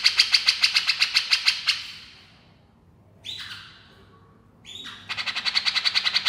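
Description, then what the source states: Grey-cheeked Bulbul giving harsh rapid chatter, then a quiet gap with two downslurred whistles, then the buzzy chatter resumes. Female bird.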